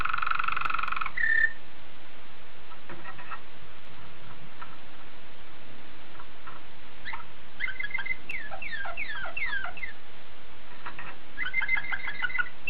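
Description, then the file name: Canary song with a sustained harmonic note, then scattered soft chips, a run of slurred descending notes, and a closing rapid trill over a steady hiss. Waterslager breed canary. "suara kenari waterslager"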